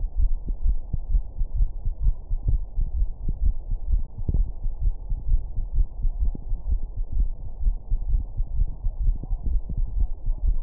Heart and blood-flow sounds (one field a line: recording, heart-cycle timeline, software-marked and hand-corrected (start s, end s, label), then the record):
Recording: heart sounds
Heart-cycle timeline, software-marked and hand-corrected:
0.00	0.04	S1
0.04	0.17	systole
0.17	0.28	S2
0.28	0.47	diastole
0.47	0.53	S1
0.53	0.65	systole
0.65	0.73	S2
0.73	0.93	diastole
0.93	0.98	S1
0.98	1.10	systole
1.10	1.17	S2
1.17	1.37	diastole
1.37	1.45	S1
1.45	1.54	systole
1.54	1.61	S2
1.61	1.81	diastole
1.81	1.89	S1
1.89	2.03	systole
2.03	2.09	S2
2.09	2.34	diastole
2.34	2.38	S1
2.38	2.49	systole
2.49	2.56	S2
2.56	2.76	diastole
2.76	2.84	S1
2.84	2.95	systole
2.95	3.03	S2
3.03	3.24	diastole
3.24	3.32	S1
3.32	3.43	systole
3.43	3.52	S2
3.52	3.69	diastole
3.69	3.76	S1
3.76	3.90	systole
3.90	3.99	S2
3.99	4.16	diastole
4.16	4.22	S1
4.22	4.33	systole
4.33	4.41	S2
4.41	4.61	diastole
4.61	4.68	S1
4.68	4.83	systole
4.83	4.89	S2
4.89	5.09	diastole
5.09	5.14	S1
5.14	5.28	systole
5.28	5.36	S2
5.36	5.55	diastole
5.55	5.64	S1
5.64	5.73	systole
5.73	5.81	S2
5.81	6.02	diastole
6.02	6.09	S1
6.09	6.17	systole
6.17	6.28	S2
6.28	6.47	diastole
6.47	6.53	S1
6.53	6.67	systole
6.67	6.75	S2
6.75	6.97	diastole
6.97	7.03	S1
7.03	7.17	systole
7.17	7.25	S2
7.25	7.45	diastole
7.45	7.54	S1
7.54	7.64	systole
7.64	7.72	S2
7.72	7.91	diastole
7.91	7.96	S1
7.96	8.12	systole
8.12	8.17	S2
8.17	8.36	diastole
8.36	8.43	S1
8.43	8.57	systole
8.57	8.63	S2
8.63	8.83	diastole
8.83	8.88	S1
8.88	9.04	systole
9.04	9.12	S2
9.12	9.30	diastole
9.30	9.38	S1
9.38	9.50	systole
9.50	9.56	S2
9.56	9.79	diastole
9.79	9.85	S1
9.85	10.01	systole
10.01	10.08	S2
10.08	10.27	diastole
10.27	10.31	S1
10.31	10.48	systole
10.48	10.55	S2
10.55	10.63	diastole
From the record:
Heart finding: coronary artery disease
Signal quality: good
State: rest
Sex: male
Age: 67 years